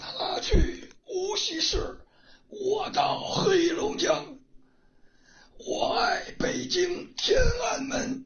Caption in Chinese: 非常重的一个声音，嘶哑的声音。 它几乎是震动不出来的。